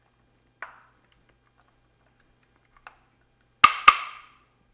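The included Thule torque-limiting tool tightens the barrel fastener on a roof rack foot on a 2021+ Chevrolet Tahoe with flush side rails. Two faint ticks are heard around 0.6 s and 2.9 s, then a loud sharp click at 3.6 s and a second one right after at 3.9 s. The handle clicking confirms the fastener has reached the correct tightness.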